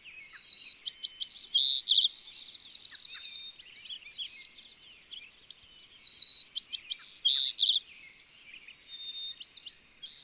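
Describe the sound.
White-crowned sparrow gives two songs about six seconds apart, each a whistled opening into rapid buzzy trills, with quieter twittering between them.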